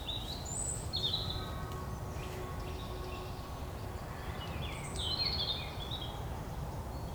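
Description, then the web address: Birds singing: scattered high chirps and short warbled phrases come and go over a steady low rumble of background noise. Morning. "Keller Seth. Morning Birds"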